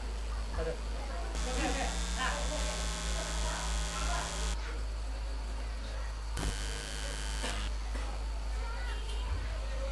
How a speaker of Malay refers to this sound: Ini adalah kipas.